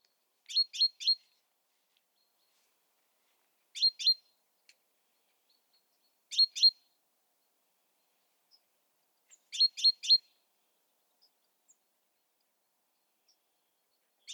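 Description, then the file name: Great tit giving repeated triplets of thin, high, clipped notes, each group spaced a few seconds apart across the recording, with clean quiet between bursts. "Parus major"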